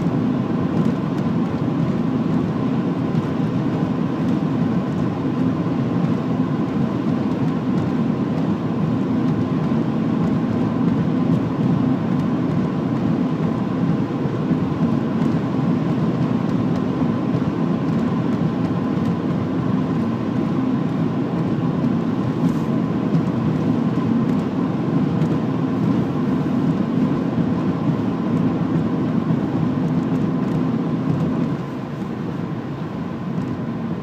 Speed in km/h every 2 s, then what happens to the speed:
99, 99, 99, 99, 100, 100, 100, 100, 100, 100, 99, 99, 99, 98, 93, 90, 85.
0-25 steady at about 99. 25-34 slows to 85.